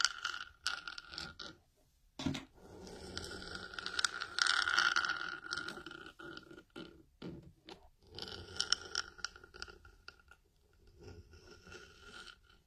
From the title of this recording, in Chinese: 在硬硬的物体上摩擦